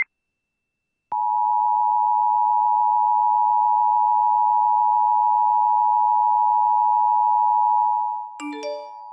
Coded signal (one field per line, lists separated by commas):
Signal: Emergency Alert System (SAME) tones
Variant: 853 and 960 Hz attention tone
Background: music